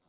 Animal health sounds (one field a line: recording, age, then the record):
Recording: pig call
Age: piglet (1 to 25 days)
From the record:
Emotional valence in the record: positive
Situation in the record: short reunion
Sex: female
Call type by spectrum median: low-frequency call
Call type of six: low-frequency tonal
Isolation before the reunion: 3 minutes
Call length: 0.09 s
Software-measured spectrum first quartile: 448 Hz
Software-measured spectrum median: 1447 Hz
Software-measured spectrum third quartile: 7086 Hz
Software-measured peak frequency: 169 Hz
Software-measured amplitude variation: 48 dB a second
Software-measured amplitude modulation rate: 16.1 a second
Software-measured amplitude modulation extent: 3.0 dB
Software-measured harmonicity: 0.6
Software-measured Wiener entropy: -1.84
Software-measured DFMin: 1147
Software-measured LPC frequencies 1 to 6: 614, 2261, 3602, 3960, 5189, 7897 Hz